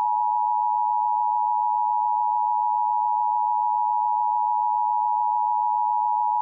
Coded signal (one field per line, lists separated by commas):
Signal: Emergency Alert System (SAME) tones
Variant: 853 and 960 Hz attention tone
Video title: [OLD] EAS Mini Scenario - Fusion Reaction